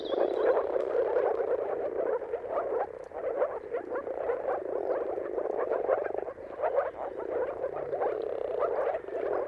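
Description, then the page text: Chorus of moor frogs, soft gurgling bubbles packed densely and steadily, with a short high bird note at the very start. Chorus of many moor frogs giving mating calls at sunrise, at the turn of March and April, timing depending on the weather. "Jakub-Orzecki moor frogs. Dawn’s Chorus: Mating Calls of Marsh Frogs at Sunrise. Depending on the weather at the turn of March and April, you can witness an amazing spectacle of moor frogs"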